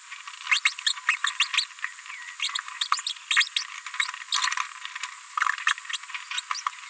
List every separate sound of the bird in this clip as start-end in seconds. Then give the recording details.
0.51-0.60, 0.65-0.71, 0.86-0.93, 1.08-1.16, 1.26-1.30, 1.40-1.46, 1.57-1.64, 2.81-2.85, 2.92-2.98, 3.06-3.09, 3.30-3.37, 5.40-5.44, 5.67-5.71, 5.93-5.97, 6.14-6.17, 6.37-6.41. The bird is a female. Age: 31 days. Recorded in a nest box in Venezuela. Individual 17B73B2